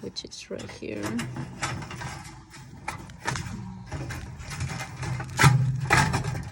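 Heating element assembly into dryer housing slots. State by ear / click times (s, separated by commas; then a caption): not seated / none. Someone talks while handling a Whirlpool Duet dryer heating coil assembly, lining it up with the two slots in the dryer housing, with scraping and knocking handling sounds and a few sharp hits. Nothing has seated or clicked into place yet.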